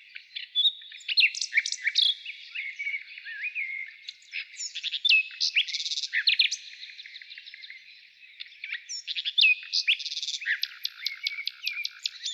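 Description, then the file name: Nightingale song with rich chirps, slurred whistles and buzzy bursts, ending in a quick series of clipped repeated notes. Heard in the morning. "Utro i solovey"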